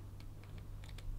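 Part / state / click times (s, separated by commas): RJ45 plug into the jack of a waterproof ethernet coupler / not seated / none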